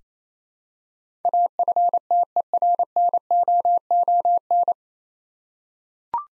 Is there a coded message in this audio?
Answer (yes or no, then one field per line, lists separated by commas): yes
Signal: Morse code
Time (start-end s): 1.2-4.7 s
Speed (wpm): 29 wpm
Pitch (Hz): 700 Hz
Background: none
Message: AFTERNOON